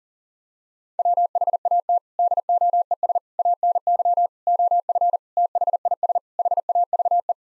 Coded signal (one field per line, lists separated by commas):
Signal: Morse code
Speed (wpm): 40 wpm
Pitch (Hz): 700 Hz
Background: none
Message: WHAT DOES ANY OF THIS HAVE